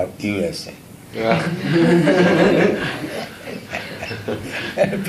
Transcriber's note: laughter